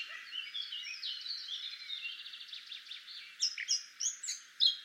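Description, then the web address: Eurasian blackcap warbling softly behind a hissy background, then several louder, sharp chirping notes stand out in the final second and a half. "SETE Sylvia atricapilla"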